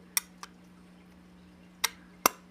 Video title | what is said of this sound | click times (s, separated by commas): Review of the Voopoo Drag 157w | Hear that? Clicks in pretty good, and doesn't move. | 0.2 s, 1.8 s, 2.3 s